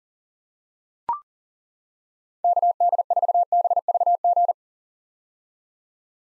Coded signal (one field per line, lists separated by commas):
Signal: Morse code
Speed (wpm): 40 wpm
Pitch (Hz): 700 Hz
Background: none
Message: KD4BVG